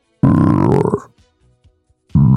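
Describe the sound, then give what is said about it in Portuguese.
A person imitates a deep, guttural, growling grunt like a pig crossed with a demon, a loud rasping burst of nearly a second, followed by a short gap and the start of another growl. “A cada 3 segundos, assim, uma voz. Meio um porco, meio demônio.”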